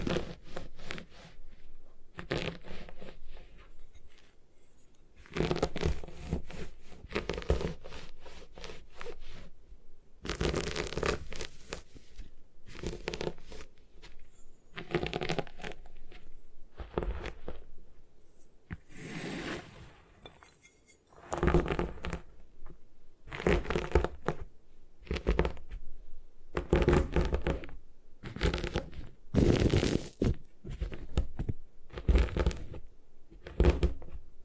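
Gym chalk is crushed and broken apart in a run of dry, gritty crunches and scraping bursts, each lasting a second or so with short pauses between. The crunching comes irregularly throughout and grows louder and sharper in the second half.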